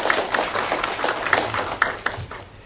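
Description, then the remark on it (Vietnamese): An audience of Buddhist monks, nuns and lay followers in an assembly hall applauds with steady, dense clapping spread across the whole moment, a few sharper individual claps standing out from the even wash of sound. “Và cuối cùng chúng con xin một lần nữa cung kính giới thiệu toàn thể chư Tăng Ni và Phật tử hiện diện có mặt trong hội trường ngày hôm nay, xin toàn thể đạo tràng cho một tràng pháo tay để tán thán công đức này.”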